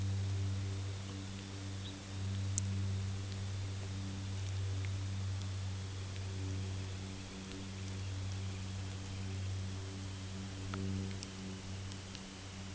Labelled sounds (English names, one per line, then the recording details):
unidentified sound
Long-billed Dowitcher
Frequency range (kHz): Long-billed Dowitcher 1.0-3.6 kHz
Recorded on Arctic tundra, site UTQI-8, on 15 June 2019
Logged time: 22:00